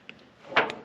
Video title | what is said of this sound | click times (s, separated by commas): Caterpillar D4 Pony motor, will it start after rebuild? Episode #128 | There it went. There it snapped in. | 0.6 s